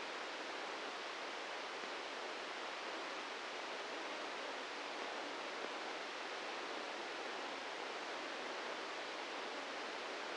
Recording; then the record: brain microelectrode recording played as sound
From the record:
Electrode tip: inside the subthalamic nucleus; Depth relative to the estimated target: 1 mm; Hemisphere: right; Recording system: NeuroSet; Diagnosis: Parkinson's disease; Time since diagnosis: 13 years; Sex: male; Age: 63 years